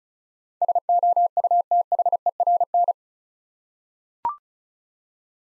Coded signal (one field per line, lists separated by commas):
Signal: Morse code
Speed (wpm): 36 wpm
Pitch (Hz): 700 Hz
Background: none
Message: SOUTHERN